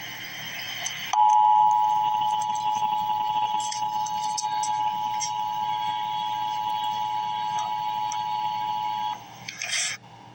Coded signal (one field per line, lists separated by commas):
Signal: Emergency Alert System (SAME) tones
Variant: 853 and 960 Hz attention tone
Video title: Emergency Alert System - Special Weather Statement - Jan 19, 2026 at 9:36 AM EST